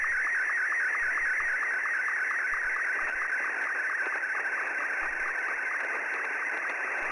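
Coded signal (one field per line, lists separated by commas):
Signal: SSTV (slow-scan television)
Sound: warbling tone shifting rapidly in pitch, with steady rhythmic short low blips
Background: radio static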